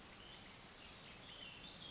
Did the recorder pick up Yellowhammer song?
no